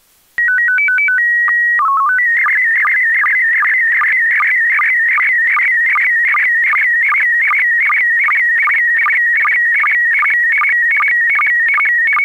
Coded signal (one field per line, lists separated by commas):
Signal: SSTV (slow-scan television)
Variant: PD 50